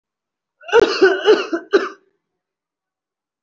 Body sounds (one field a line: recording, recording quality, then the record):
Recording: heavy voluntary cough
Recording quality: excellent, no background noise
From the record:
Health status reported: respiratory illness, not identified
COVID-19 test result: negative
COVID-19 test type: RT-PCR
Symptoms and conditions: cold, breathing difficulty, asthma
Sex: male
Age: 25 years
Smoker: no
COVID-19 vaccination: one dose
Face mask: worn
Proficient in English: yes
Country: India